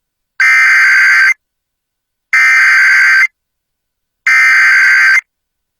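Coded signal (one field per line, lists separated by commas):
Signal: Emergency Alert System (SAME) tones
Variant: header bursts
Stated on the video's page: Severe thunderstorm warnings from NWS Missoula, relayed by an FM station, recorded from its online live stream.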